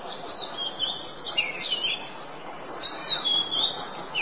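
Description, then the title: Oriental magpie-robin singing rich, high whistled notes in quick varied phrases, some sliding downward, separated by brief gaps, over background noise. "Kacer"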